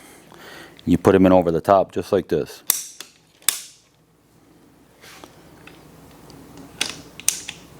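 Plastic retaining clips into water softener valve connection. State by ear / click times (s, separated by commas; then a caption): not seated / none. Plastic retaining clips are handled and pressed in over the top to lock a bypass fitting to a water softener valve while someone talks. Sharp handling clicks and taps ring out around 3.5, 6.8 and 7.3 seconds between quieter rustling, but nothing has seated or clicked into place yet.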